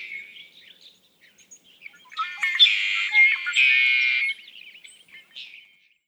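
Red-winged blackbird singing a loud, rasping buzzy trill after soft chattering notes, with quieter chips trailing afterward.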